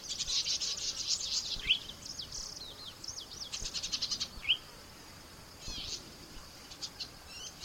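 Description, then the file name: Golden-headed cisticola song: buzzy hissing bursts mixed with quick upslurred notes, breaking off about midway, then scattered thin notes against faint background noise. "suara cici merah omkicau"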